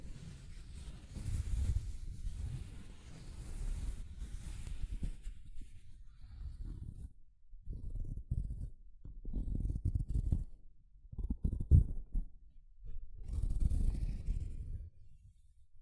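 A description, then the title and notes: Soft fabric brushes against a microphone in a low, muffled rumble that swells and fades in uneven strokes. A long rubbing passage fills the first five seconds, then shorter bursts arrive every second or so, with brief quiet gaps between them and a final swell near fourteen seconds. ASMR Mic Brushing using Soft Fabric (No Talking).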